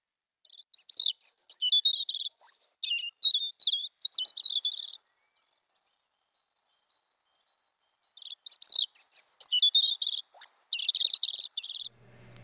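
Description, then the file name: European robin delivering two long bursts of high, rapid, varied warbling and thin whistles, separated by about three seconds of quiet. "bioakusztika 08 vorosbegy"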